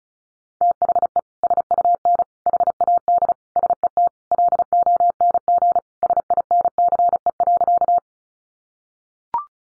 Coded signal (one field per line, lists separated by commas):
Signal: Morse code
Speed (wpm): 34 wpm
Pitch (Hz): 700 Hz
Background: none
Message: THE SUN HAD SET LONG SINCE.